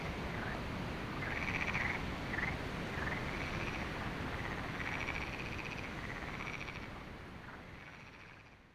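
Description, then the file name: Frogs calling in quick overlapping bursts that fade away toward the end, with wind rushing in the background. Frogs heard at night at Lagoa do Canário, with wind; binaural recording. "Lagoado Canario frogs wind night binaural"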